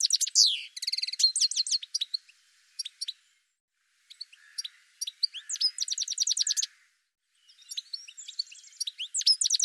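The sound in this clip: Bird singing in three bursts separated by pauses: fast varied high chirps, trills and slurred whistles, each phrase lasting a few seconds.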